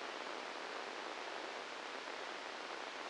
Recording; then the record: brain microelectrode recording played as sound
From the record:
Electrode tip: inside the subthalamic nucleus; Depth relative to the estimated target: 2 mm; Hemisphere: right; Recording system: NeuroSet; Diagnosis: Parkinson's disease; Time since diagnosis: 15 years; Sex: female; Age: 59 years